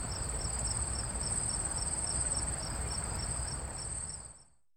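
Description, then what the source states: Crickets give a continuous high-pitched trill, with rapid regular pulsed chirps layered on top and a low background rumble; the sound fades out abruptly near the end. Crickets recorded at night on the city side.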